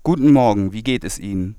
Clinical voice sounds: spoken sentence; German; male; 20 to 29 years; 0; 0; 0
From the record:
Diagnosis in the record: healthy voice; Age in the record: 25 years

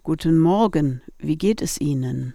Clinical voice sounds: spoken sentence; German; female; 60 to 69 years; 2; 1; 2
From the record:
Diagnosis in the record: dysodia (singing voice disorder); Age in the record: 68 years

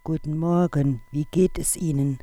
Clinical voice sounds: spoken sentence; German; female; 40 to 49 years; 2; 0; 2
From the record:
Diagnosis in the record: Reinke's edema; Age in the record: 45 years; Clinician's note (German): Beidseitig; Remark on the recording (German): Leichtes Piepsen im Hintergrund in der NSP-Datei die ganze Datei hindurch.

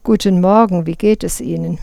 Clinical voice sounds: spoken sentence; German; female; 50 to 59 years; 0; 0; 0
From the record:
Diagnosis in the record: psychogenic dysphonia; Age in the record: 58 years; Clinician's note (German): Ponogen; psychogene Dysphonie

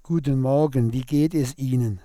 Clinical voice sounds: spoken sentence; German; male; 60 to 69 years; 2; 2; 2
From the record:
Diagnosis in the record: cordectomy, ventricular fold phonation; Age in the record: 63 years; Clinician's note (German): Zustand danach, beidseitige Synechie, kompensierte Taschenfaltenstimme

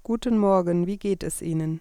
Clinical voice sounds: spoken sentence; German; female; 20 to 29 years; 1; 0; 1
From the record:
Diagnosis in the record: hyperfunctional dysphonia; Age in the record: 29 years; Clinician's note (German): Hyperfunktionelle Dysphonie

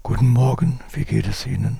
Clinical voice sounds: spoken sentence; German; male; 50 to 59 years; 3; 0; 3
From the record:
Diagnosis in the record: psychogenic dysphonia, diplophonia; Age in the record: 58 years

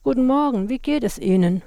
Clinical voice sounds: spoken sentence; German; female; 40 to 49 years; 0; 0; 0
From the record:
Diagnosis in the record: psychogenic dysphonia, hyperfunctional dysphonia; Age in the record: 49 years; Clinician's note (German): Cervicogene Komponente

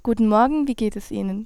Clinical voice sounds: spoken sentence; German; female; 20 to 29 years; 0; 0; 0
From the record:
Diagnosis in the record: healthy voice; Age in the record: 21 years

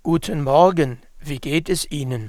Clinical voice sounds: spoken sentence; German; male; 50 to 59 years; 1; 1; 0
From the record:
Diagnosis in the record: leukoplakia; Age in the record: 56 years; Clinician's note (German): Zustand nach Leukoplakieabtragung, kleine Narbe rechts mit phonatorisch partiellem Stillstand; hyperfunktionelle Kompensation, deutliche Dysphonie

